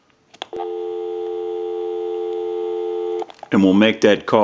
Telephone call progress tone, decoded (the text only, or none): dial tone